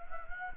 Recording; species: mosquito wingbeat signal from an infrared sensor; Anopheles gambiae